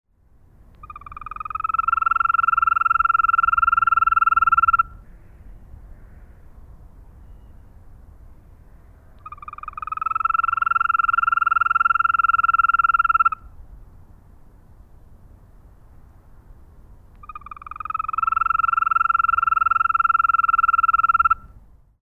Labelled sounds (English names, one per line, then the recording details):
Green Toad
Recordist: Frommolt, Karl-Heinz
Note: Rufe einer einzelnen Wechselkröte